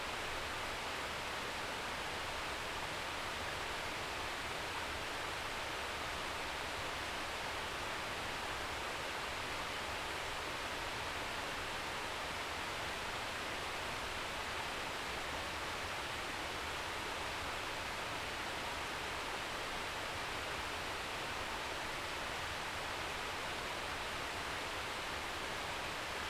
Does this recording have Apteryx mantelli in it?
no